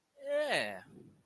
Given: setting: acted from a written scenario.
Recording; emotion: vocal sound without words; neutral